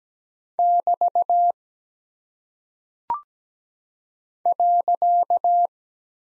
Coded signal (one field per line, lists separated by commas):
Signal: Morse code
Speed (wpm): 17 wpm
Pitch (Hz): 700 Hz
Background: none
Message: <BT> .